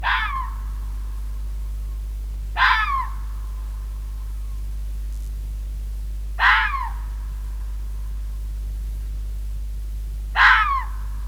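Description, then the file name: Red fox giving repeated hoarse, rasping calls, each falling in pitch, spaced a few seconds apart, four in total, with a constant low hum behind. "Rode vos - Sound Cloud - Beeld en Geluid"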